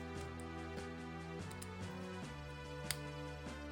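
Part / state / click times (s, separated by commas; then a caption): fused bead ear into bead figure head / seated / 2.9 s. Over steady background music, the second fused plastic bead ear is pushed into the head slot of a bead figure. A faint tick sounds at 1.6 s, and a sharp click at 2.9 s marks the ear seating in the head.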